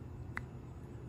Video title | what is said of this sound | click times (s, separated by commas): Speedo Gear And Bullet Replacement On My TH350 Transmission | this goes in here and you can hear it click | 0.4 s